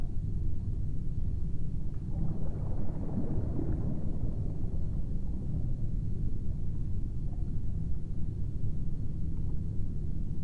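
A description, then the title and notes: A dense, low drone of fans and underwater humming runs steadily through the whole ten seconds. Around the second to fourth second, an ocean wave washes in, adding a brighter swell of rushing water before settling back into the constant rumble. Secret Underwater Observation Room.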